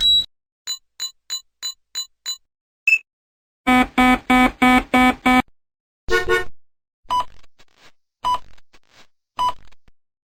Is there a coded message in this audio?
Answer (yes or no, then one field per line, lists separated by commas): no